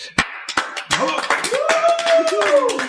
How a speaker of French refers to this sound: Je vous demande un tonnerre d'applaudissements